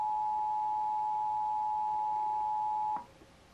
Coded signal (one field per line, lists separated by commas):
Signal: Emergency Alert System (SAME) tones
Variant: 853 and 960 Hz attention tone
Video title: Iowa Required Monthly Test (November 3, 2021)